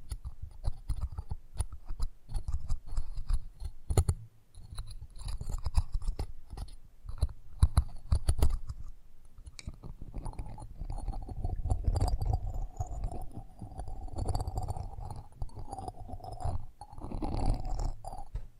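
ASMR mic treatment: soft rubbing, tapping and crinkly scratching against the mic, with muffled low thumps throughout. The first half is choppy with sharp clicks, brief quiet near four seconds, then a steadier rustling with a faint hum-like tone from ten seconds on.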